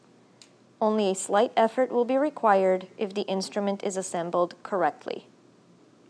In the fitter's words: sheath tube and the handle should click into place only